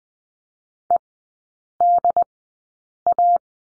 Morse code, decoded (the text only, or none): EDA